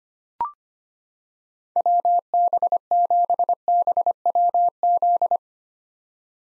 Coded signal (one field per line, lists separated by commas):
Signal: Morse code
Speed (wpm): 25 wpm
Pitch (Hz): 700 Hz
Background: none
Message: WB7BWZ